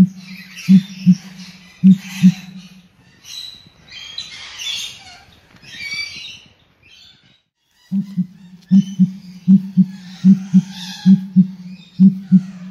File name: Western crowned pigeon